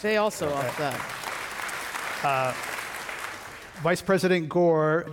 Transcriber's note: applause